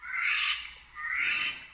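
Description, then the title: Eurasian jay producing two scratchy, rasping screeches separated by a short pause. "朝の小鳥. カケスの雲溜め"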